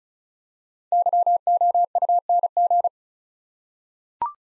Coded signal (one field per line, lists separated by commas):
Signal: Morse code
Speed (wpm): 36 wpm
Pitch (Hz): 700 Hz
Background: none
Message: YOUNG